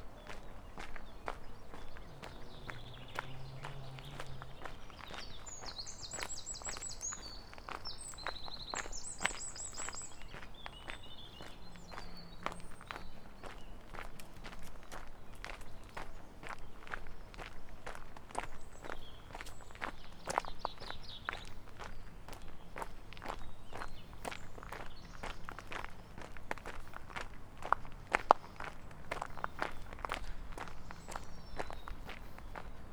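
Footsteps on a walk through Tivoli Park in Ljubljana, a steady, even stride of crisp steps throughout. Bright bird chirps come in bursts around five to ten seconds, with a low murmur of traffic or voices underneath and a sharp click near twenty-eight seconds.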